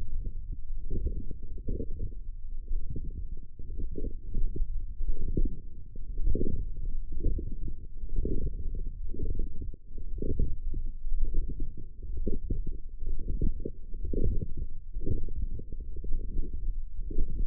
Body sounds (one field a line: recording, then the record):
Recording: forearm muscle sounds (acoustic myography)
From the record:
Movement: forearm pronation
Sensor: system 1, eight BSWA MPA416 microphones around the upper forearm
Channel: 6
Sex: male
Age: 20 years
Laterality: left